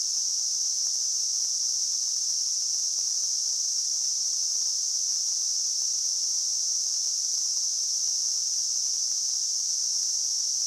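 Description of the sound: A steady, high-pitched hissing noise holds at constant loudness for about eleven seconds, with no pulsing or breaks. It is a simulation of tinnitus, the ringing or hissing in the ears heard without any outside sound source.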